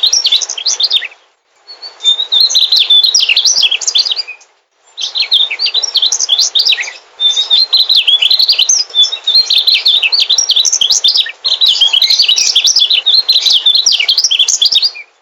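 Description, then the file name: Mugimaki flycatcher singing a long, rapid jumble of high twittering notes, trills and thin whistles in sustained phrases broken by a few short pauses. "sikatan mugimaki song"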